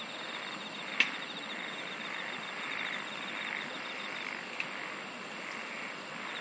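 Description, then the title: Insects trilling and buzzing in a continuous chorus, regular shrill pulses above, with a sharp click near the start and another faint tap later. "SINGING OF INSECTS"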